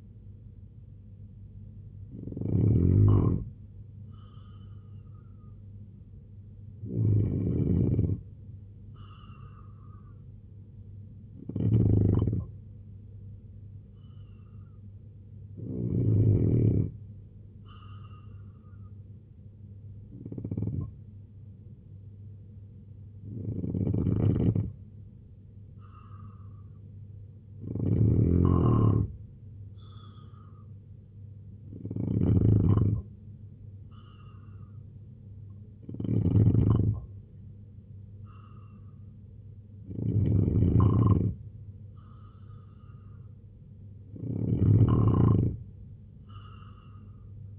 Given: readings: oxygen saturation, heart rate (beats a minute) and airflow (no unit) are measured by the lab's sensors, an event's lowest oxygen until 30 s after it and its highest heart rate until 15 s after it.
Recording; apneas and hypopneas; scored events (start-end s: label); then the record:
breathing in sleep by a smartphone at the bedside; none
none scored
From the record:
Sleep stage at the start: N2 (light sleep); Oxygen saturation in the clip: 85 to 93%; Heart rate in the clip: 64 to 77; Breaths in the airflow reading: 11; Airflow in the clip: -3.9 to 6.7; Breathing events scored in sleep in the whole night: 258 in 7.4 hours asleep